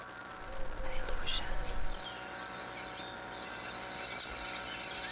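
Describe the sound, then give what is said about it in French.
Common starling calls: a busy medley of high whistles, chatter and buzzy notes, with a louder burst of low rumble in the first two seconds before a steady, softer stretch. “Les tourneaux sans sonnet est un oiseau très vocal toute l'année.”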